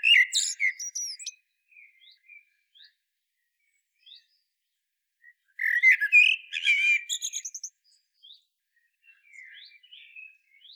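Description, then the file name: Common blackbird singing two phrases several seconds apart, each a mellow warble topped with high squeaky twittering; soft scattered notes in between. "Turdus merula"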